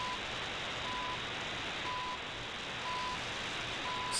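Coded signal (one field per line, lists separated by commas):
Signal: radio time signal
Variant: CHU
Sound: hiss with short 1 kHz beeps once per second, five beeps heard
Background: radio static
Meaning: Each tone pulse marks one second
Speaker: and now I'm going to switch to antenna a which is ml30 Plus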